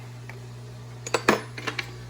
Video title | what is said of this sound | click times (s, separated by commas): Let’s Set Up My Axis Stand So We Can Start Wrenching On My Primal RC Dragster Again/Finally! | i just want to find it and press it in look done you heard that you heard that snap crackle pop kid | 1.3 s